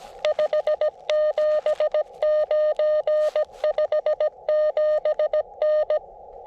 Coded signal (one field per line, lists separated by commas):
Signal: Morse code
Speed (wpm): 18 wpm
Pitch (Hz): 590 Hz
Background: none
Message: 579 57N